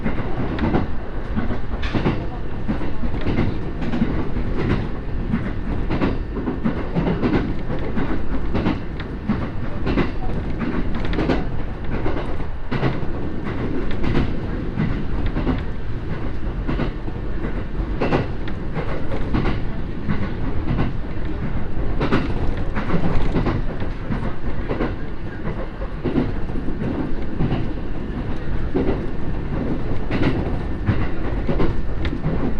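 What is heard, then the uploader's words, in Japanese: A ride aboard an Echigo Tokimeki Railway train, heard as a steady, dense rumble of the carriage that stays even throughout. Frequent short clicks and knocks from the wheels break through irregularly, over a low continuous hum. 耳で楽しむ鉄道旅 えちごトキめき鉄道 高田→直江津→糸魚川。ディーゼルカー1両で足りてしまいます。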